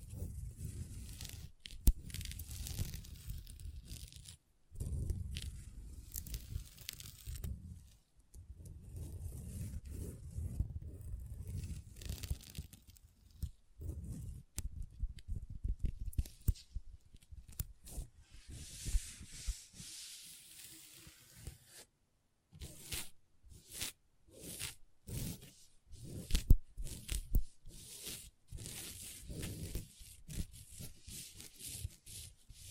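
Long fingernails tap and scratch across a tabletop in uneven bursts, with dense rasping strokes between sharp clicks. The scraping comes in waves of a few seconds each, broken by brief silences, and grows choppier and more clipped after about twenty seconds.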